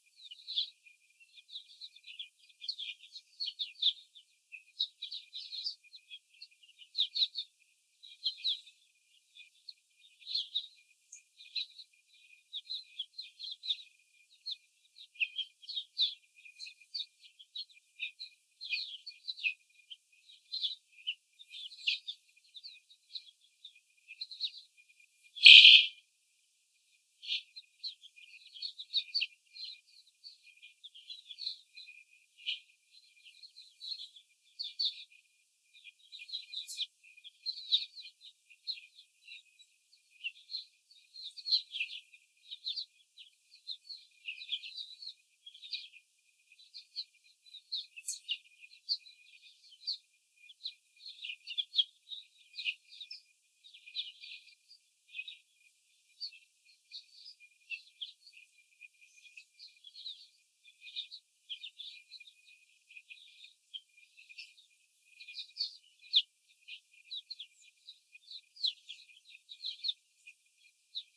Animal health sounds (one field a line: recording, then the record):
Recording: young laying hens in a cage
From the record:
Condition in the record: before the stressor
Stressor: simulated dog barking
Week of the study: 4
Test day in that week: 3